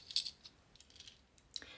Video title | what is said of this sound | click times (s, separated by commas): ❓Jak namontovat zavěsové kolejnice❓#zavesy #kolejnicky #kolejnice | Viditelný držák kolejnice se na doraz přimontuje ke zdi a kolejnice se do něj zacvakne. | 1.6 s